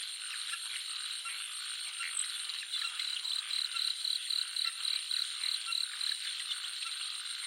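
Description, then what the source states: Frog calling in rapid pulsed notes, roughly four per second, against a constant buzz of insects and thin high-pitched chirps. Jungle nature soundscape of frogs and crickets.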